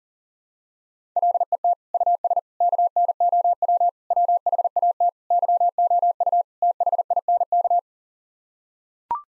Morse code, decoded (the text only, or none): LET US KNOW WHAT YOU THINK